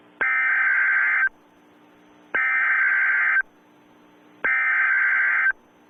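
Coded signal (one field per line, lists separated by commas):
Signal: Emergency Alert System (SAME) tones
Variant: header bursts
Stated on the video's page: Fictional EAS alert scenario set in the Just Cause 3 game world, not a real activation.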